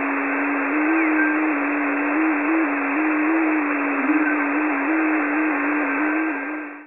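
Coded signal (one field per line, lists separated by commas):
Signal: FT8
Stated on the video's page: Meteor echoes heard on 6 meters in the early morning, sounding like short whistles.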